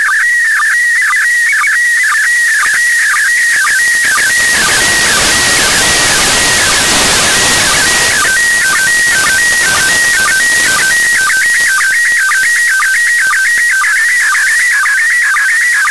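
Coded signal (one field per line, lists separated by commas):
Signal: SSTV (slow-scan television)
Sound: warbling tone jumping around 1.5-2.3 kHz with regular low blips, briefly drowned in hiss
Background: radio static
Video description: picture 2 starts at 5:00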